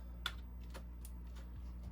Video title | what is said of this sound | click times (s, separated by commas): A new stereo with blue tooth, a new vhf antenna, and cabinet ideas for the salon | so it just clicks | 0.3 s